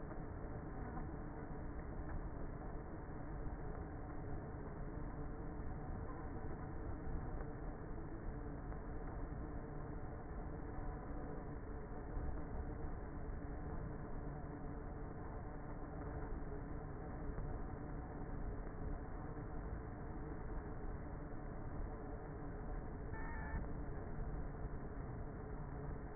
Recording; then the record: honeybee colony, microphone inside the hive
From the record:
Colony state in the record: queenless with a low population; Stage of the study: before two queens were removed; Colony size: about 30,000 bees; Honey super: no